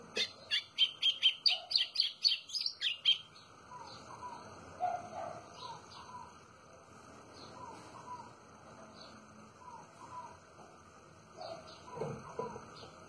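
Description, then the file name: White-throated seedeater song opening with a rapid string of crisp, high chirps for about three seconds, after which only faint, scattered bird notes remain. "canto do golinho"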